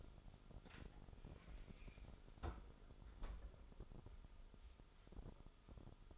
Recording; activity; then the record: daily activity, microphone in the room; close fridge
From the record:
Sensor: 5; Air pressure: 988.6 hPa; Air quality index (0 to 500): 216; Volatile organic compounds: 117 ppm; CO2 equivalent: 3858 ppm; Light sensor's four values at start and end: 42/127/50/53 and 42/128/50/53